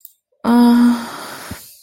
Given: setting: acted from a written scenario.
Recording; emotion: vocal sound without words; sympathy